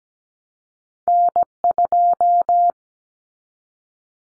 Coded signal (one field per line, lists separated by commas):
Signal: Morse code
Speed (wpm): 17 wpm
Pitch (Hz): 700 Hz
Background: none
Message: N2